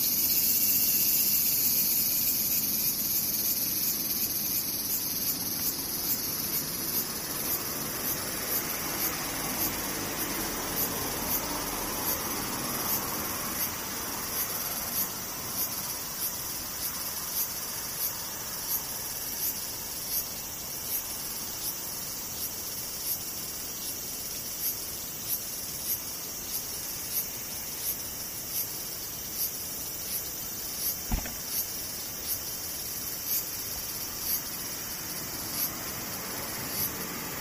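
Cicadas drone steadily in a dense, high, shrill buzz that fills the whole clip, pulsing at a fast, even rate. A soft low rumble swells around the ten-second mark and fades, and a single sharp click sounds near thirty-one seconds.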